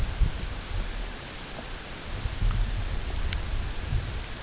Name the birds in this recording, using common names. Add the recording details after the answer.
none. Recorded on Arctic tundra, site UTQI-8, on 16 June 2019. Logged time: 00:00